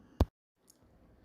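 A plastic center console trim panel on a 2015–2020 Ford F150 is pressed back into the truck dashboard after its white tabs are lined up, giving a snug fit. A sharp, loud click sounds at 0.2 s and a quieter one at 0.7 s, and the panel is seated.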